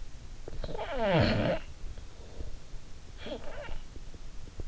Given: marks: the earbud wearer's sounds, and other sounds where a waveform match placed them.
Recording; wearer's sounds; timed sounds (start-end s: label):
sounds in sleep by an in-ear microphone; snoring breath
0.38-2.55 s: snoring breath
3.14-4.59 s: snoring breath